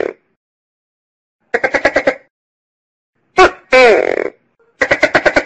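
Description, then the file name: Tokay gecko calling, a quick rattling burst of about six pulses, then a sharp click and a long, sliding, harmonic-rich croak, followed by another rattle. "Tieng keu cua con tac ke"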